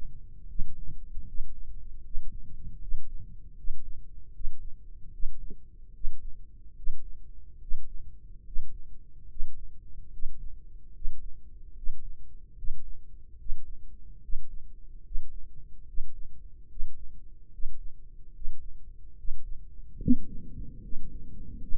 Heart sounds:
heart sounds by microphone in the right ear; 74 bpm
0.45 s: heartbeat
1.24 s: heartbeat
2.02 s: heartbeat
2.79 s: heartbeat
3.55 s: heartbeat
4.32 s: heartbeat
5.10 s: heartbeat
5.92 s: heartbeat
6.74 s: heartbeat
7.59 s: heartbeat
8.44 s: heartbeat
9.27 s: heartbeat
10.10 s: heartbeat
10.92 s: heartbeat
11.74 s: heartbeat
12.55 s: heartbeat
13.37 s: heartbeat
14.20 s: heartbeat
15.02 s: heartbeat
15.85 s: heartbeat
16.67 s: heartbeat
17.50 s: heartbeat
18.32 s: heartbeat
19.15 s: heartbeat
19.98 s: heartbeat
20.81 s: heartbeat
21.60 s: heartbeat
From the record:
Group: healthy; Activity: breath hold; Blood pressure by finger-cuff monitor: 87/61 mmHg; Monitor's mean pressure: 68 mmHg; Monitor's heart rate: 73 bpm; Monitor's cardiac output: 5.3 L/min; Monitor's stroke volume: 72 mL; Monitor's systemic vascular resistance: 920 dyn s/cm5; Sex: female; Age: 22 years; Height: 163 cm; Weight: 67.1 kg

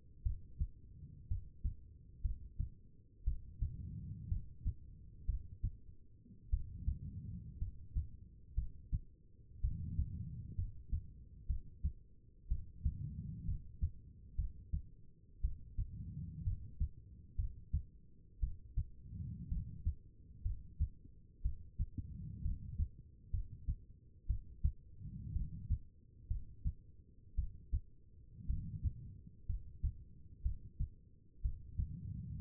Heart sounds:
heart sounds by stethoscope; 60 bpm
0.23 s: heartbeat
1.28 s: heartbeat
2.22 s: heartbeat
3.24 s: heartbeat
4.28 s: heartbeat
5.26 s: heartbeat
6.50 s: heartbeat
7.58 s: heartbeat
8.55 s: heartbeat
9.61 s: heartbeat
10.56 s: heartbeat
11.47 s: heartbeat
12.48 s: heartbeat
13.45 s: heartbeat
14.36 s: heartbeat
15.41 s: heartbeat
16.44 s: heartbeat
17.36 s: heartbeat
18.40 s: heartbeat
19.49 s: heartbeat
20.42 s: heartbeat
21.42 s: heartbeat
22.42 s: heartbeat
23.31 s: heartbeat
24.27 s: heartbeat
25.33 s: heartbeat
26.28 s: heartbeat
27.35 s: heartbeat
28.46 s: heartbeat
29.46 s: heartbeat
30.42 s: heartbeat
31.42 s: heartbeat
32.37 s: heartbeat
From the record:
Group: healthy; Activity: rest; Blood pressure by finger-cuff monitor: 95/65 mmHg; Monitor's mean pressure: 74 mmHg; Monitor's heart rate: 60 bpm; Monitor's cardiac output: 4.4 L/min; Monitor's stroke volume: 73 mL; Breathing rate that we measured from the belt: 19 breaths a minute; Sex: female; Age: 36 years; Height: 163 cm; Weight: 88 kg

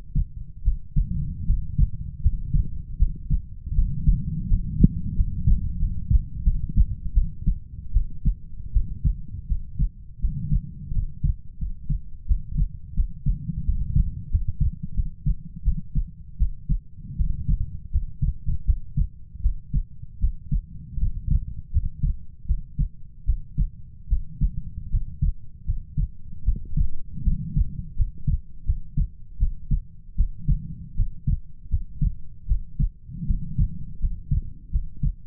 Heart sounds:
heart sounds by stethoscope; 81 bpm
0.63 s: heartbeat
1.45 s: heartbeat
2.21 s: heartbeat
2.97 s: heartbeat
3.73 s: heartbeat
4.47 s: heartbeat
5.14 s: heartbeat
5.78 s: heartbeat
6.43 s: heartbeat
7.13 s: heartbeat
7.92 s: heartbeat
8.71 s: heartbeat
9.47 s: heartbeat
10.19 s: heartbeat
10.92 s: heartbeat
11.58 s: heartbeat
12.26 s: heartbeat
12.94 s: heartbeat
13.64 s: heartbeat
14.29 s: heartbeat
14.94 s: heartbeat
15.63 s: heartbeat
16.37 s: heartbeat
17.16 s: heartbeat
17.90 s: heartbeat
18.64 s: heartbeat
19.41 s: heartbeat
20.19 s: heartbeat
20.98 s: heartbeat
21.71 s: heartbeat
22.46 s: heartbeat
23.24 s: heartbeat
24.07 s: heartbeat
24.89 s: heartbeat
25.64 s: heartbeat
26.43 s: heartbeat
27.23 s: heartbeat
27.95 s: heartbeat
28.64 s: heartbeat
29.37 s: heartbeat
30.15 s: heartbeat
30.94 s: heartbeat
31.69 s: heartbeat
32.46 s: heartbeat
33.25 s: heartbeat
33.99 s: heartbeat
34.70 s: heartbeat
From the record:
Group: healthy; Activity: rest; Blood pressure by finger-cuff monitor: 92/55 mmHg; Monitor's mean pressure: 68 mmHg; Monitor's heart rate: 80 bpm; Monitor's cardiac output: 7.3 L/min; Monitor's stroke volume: 90 mL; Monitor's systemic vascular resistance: 640 dyn s/cm5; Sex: female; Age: 19 years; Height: 163 cm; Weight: 48.9 kg

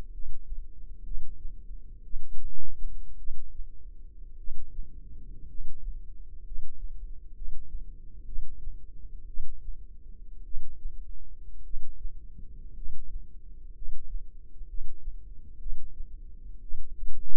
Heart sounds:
heart sounds by microphone in the left ear; 58 bpm
0.10 s: heartbeat
1.02 s: heartbeat
2.02 s: heartbeat
3.16 s: heartbeat
4.36 s: heartbeat
5.46 s: heartbeat
6.42 s: heartbeat
7.32 s: heartbeat
8.24 s: heartbeat
9.25 s: heartbeat
10.43 s: heartbeat
11.62 s: heartbeat
12.73 s: heartbeat
13.72 s: heartbeat
14.65 s: heartbeat
15.57 s: heartbeat
16.60 s: heartbeat
From the record:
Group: healthy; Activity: rest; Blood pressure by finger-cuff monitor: 126/59 mmHg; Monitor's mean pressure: 79 mmHg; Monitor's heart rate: 59 bpm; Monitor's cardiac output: 6 L/min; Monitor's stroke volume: 103 mL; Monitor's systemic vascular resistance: 940 dyn s/cm5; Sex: male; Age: 25 years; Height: 170 cm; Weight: 70.4 kg

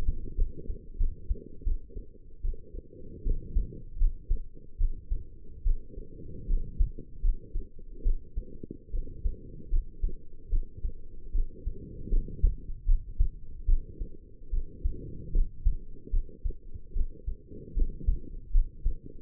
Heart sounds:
heart sounds by stethoscope; 76 bpm
0.36 s: heartbeat
0.98 s: heartbeat
1.64 s: heartbeat
2.42 s: heartbeat
3.24 s: heartbeat
3.98 s: heartbeat
4.78 s: heartbeat
5.64 s: heartbeat
6.47 s: heartbeat
7.22 s: heartbeat
8.03 s: heartbeat
8.91 s: heartbeat
9.70 s: heartbeat
10.50 s: heartbeat
11.32 s: heartbeat
12.10 s: heartbeat
12.86 s: heartbeat
13.66 s: heartbeat
14.50 s: heartbeat
15.32 s: heartbeat
16.11 s: heartbeat
16.93 s: heartbeat
17.74 s: heartbeat
18.52 s: heartbeat
From the record:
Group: healthy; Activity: rest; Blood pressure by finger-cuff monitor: 113/73 mmHg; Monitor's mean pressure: 85 mmHg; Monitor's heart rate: 76 bpm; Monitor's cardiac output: 5.9 L/min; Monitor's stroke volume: 79 mL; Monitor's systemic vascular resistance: 1070 dyn s/cm5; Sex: female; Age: 22 years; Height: 160 cm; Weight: 45 kg

